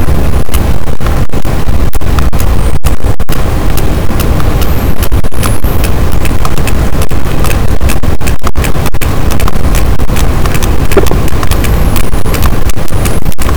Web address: Pm BP Physeter Macrocephalus boat SNR 18 d B cachalot positif